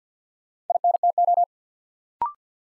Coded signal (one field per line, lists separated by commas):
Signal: Morse code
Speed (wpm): 48 wpm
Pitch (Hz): 700 Hz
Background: none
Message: INTO